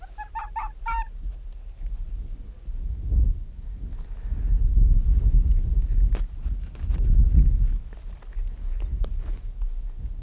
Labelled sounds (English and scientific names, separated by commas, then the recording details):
Arctic Fox (Vulpes lagopus)
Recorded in the wild
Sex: male
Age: adult
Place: Insel Mednyi, Kommandeur-Inseln, RU
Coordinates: 54.5167, 168.083
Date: 1999-07-12 18:27
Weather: bedeckt, 10°C, schwacher Westwind
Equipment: Sony WM-D6C, Sennheiser MKH 40, Windkorb, Kopie Sony TCD-D8
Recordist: Frommolt, Karl-Heinz
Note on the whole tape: Südosten der Insel, Geröllfeld: zehn Bellstrophen eines unmarkierten Polarfuchsrüden am oberen Rand des Geröllfeldes. Entfernung 3 - 10 m. Ende der Aufnahme - Ansage "starker Wind"